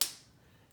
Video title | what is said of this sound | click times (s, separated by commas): Learn to Draw with Art Teacher Amy - May Gnome | want to here click so | 0.0 s